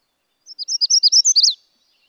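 Magnolia warbler song: a compact series of high, sweet two-part slurred notes, about one second long, ending with a stronger downslurred note; otherwise quiet.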